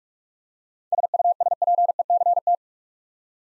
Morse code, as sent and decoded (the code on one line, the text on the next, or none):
... ..- ... .--. . -.-. -
SUSPECT